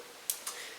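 A torque wrench set to 10 Nm tightens a bolt on a V6 turbo engine (R5 replica) housing sealed with red gasket paste, torqued to ensure perfect flatness. The wrench gives a sharp, short metallic click at 0.3 s as it reaches torque, followed by a softer, longer tick at about 0.5 s over faint background hiss.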